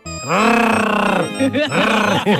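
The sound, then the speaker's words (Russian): A man standing at a barrier, surrounded by friends, growls at a lion like a big cat, voicing two long, loud, throaty rumbles in quick succession, the second one wavering and breaking up before trailing off. “Он стоял, окруженный приятелями, и рычал на льва.”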